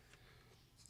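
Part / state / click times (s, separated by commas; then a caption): plastic case lid hinge pin into case base / seated / 0.9 s. A plastic long box game case is being reassembled: with the other corners already fitted, the plastic lid's last hinge pin is pressed gently into the case base. After a soft tap near 0.1 s, a sharp, brief click sounds at 0.9 s as the hinge seats into place.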